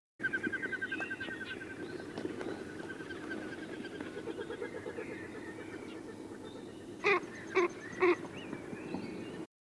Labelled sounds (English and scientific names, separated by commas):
Common Goldeneye (Bucephala clangula) call